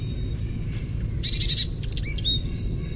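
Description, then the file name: Carolina chickadee giving a brief buzzy burst of high notes, then a few quick jumbled chips with a short slurred whistle, over low background rumble. Gargle call. "CACH chickadee gargle"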